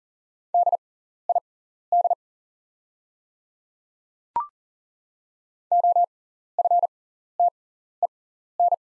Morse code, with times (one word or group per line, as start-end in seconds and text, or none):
0.5-2.1 DID
5.7-8.7 OFTEN